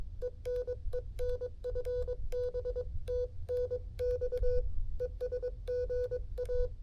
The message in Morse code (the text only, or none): E N E N FB TNX ES GA